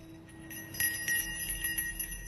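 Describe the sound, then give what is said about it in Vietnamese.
A small bell hanging overhead jingles several times in quick, uneven strikes as a light wind blows in off a river, its bright high ringing tones overlapping and lingering over a low steady hum, with no voices. “cái chuông treo ngay trên đầu Đạt nó kêu lên mấy tiếng leng keng leng keng”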